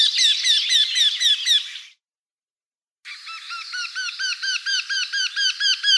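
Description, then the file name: Eurasian wryneck giving rapid runs of ringing, slurred notes, each rising then falling, in two bursts split by a short silence. Recorded in Russia. "Pticy Rossii - Vertishejka Jynx torquilla"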